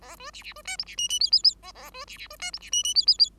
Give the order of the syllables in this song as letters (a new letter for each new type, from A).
A B C C B D E C F F G G G A A B C C B D E C F F G G G